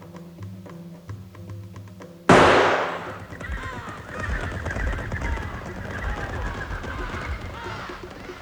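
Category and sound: impact, rifle gunshot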